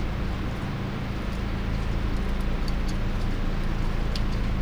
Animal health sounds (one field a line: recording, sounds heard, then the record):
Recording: poultry house recording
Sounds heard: no chicken sound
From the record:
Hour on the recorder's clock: 21